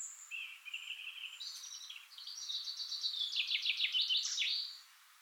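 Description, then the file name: Eurasian blackcap with a soft whistled opening followed by a fast, rattling run of high notes that ends abruptly before quiet. "Sylvia atricapilla"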